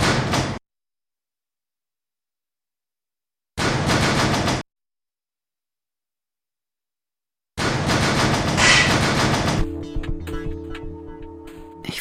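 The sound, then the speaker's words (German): Subway train at a terminus station with connections toward Alexanderplatz: short bursts of rattling, sliding doors broken by silent gaps, then a longer loud clatter that settles into a steady, humming electric whine. “Der Zug endet hier.”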